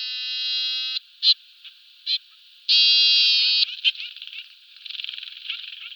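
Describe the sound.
Trumpeter finch call: two long, drawn-out nasal trumpeting buzzes separated by a few short sharp notes, followed by softer chattering.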